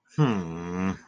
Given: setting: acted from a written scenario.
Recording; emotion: vocal sound without words; embarrassment